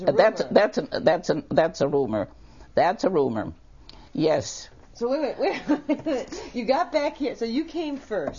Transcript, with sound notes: But that's - that's an - that's an—that's a rumor. That's a rumor. Yes.
So wait, wait - wait. (laughs) You got back here - so you came first.